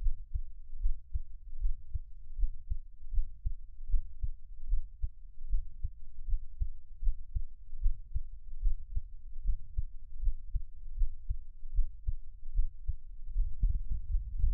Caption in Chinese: 獻上我的心跳 | Give my Heartbeat | NO Talking。